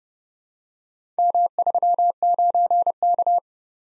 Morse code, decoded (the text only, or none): M39K